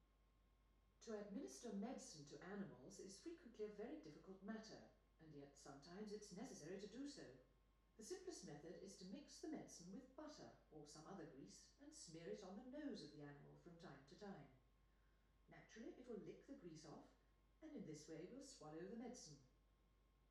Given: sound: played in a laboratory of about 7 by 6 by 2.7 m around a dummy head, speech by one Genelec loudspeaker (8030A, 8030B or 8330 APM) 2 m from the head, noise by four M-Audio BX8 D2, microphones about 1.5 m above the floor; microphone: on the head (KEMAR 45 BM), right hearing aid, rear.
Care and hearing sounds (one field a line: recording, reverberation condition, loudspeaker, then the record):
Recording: female speech in English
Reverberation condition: medium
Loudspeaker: 60 degrees to the left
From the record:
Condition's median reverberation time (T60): about 510 ms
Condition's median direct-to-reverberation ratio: about -0.5 dB